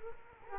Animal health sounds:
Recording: mosquito wingbeat signal from an infrared sensor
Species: Culex quinquefasciatus

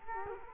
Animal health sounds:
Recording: mosquito wingbeat signal from an infrared sensor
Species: Culex quinquefasciatus

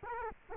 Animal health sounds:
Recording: mosquito wingbeat signal from an infrared sensor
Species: Culex quinquefasciatus

